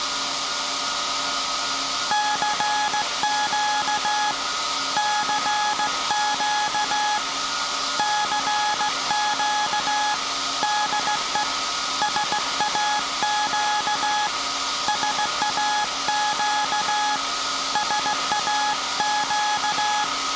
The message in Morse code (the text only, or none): CQ CQ CQ DE SAQ SAQ SAQ